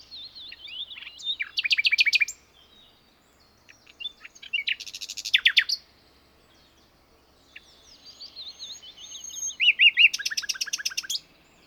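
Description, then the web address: Common nightingale song in three bursts, each of sharp rapid repeated notes and quick chirps, with brief quiet pauses between phrases. "SETE data Luscinia megarhynchos"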